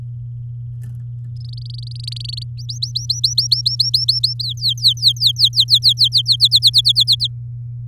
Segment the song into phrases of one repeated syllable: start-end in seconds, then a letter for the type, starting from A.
1.36-2.43 A, 2.57-4.34 B, 4.39-6.36 C, 6.40-7.28 D